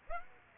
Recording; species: mosquito wingbeat signal from an infrared sensor; Aedes aegypti